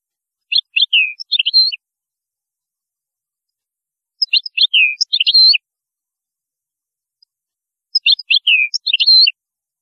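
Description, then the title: European goldfinch song: three loud, matching phrases of quick slurred twittering notes, repeated roughly every four seconds against a silent background. "Chant Chardonneret"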